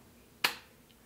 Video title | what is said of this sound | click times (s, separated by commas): CompX StealthLock Installation | The door will now be securely locked with just a little free | 0.5 s